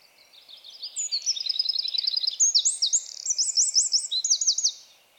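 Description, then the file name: Eurasian wren song rising from quiet twittering into loud, fast, high-pitched trills and sharp repeated notes, ending suddenly after about four seconds. "Troglodytes troglodytes"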